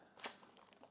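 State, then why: Released. After sealing finishes, the plastic lid of a vacuum sealer is unlocked from its latch on the base, giving a sharp, broadband click at 0.2 s. A few faint ticks follow over a quiet background, and the lid is released.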